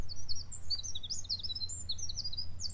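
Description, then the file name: Eurasian wren giving rapid, very high-pitched notes in fast runs and trills, continuous throughout, over a low rumbling background noise. "Troglodytes troglodytes"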